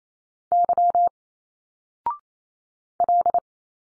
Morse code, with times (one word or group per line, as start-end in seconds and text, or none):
0.5-1.1 Y
3.0-3.4 L